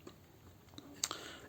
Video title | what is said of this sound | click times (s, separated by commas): XTB Commander Stack Review | the inside of this waist joint and they will click into place | 1.0 s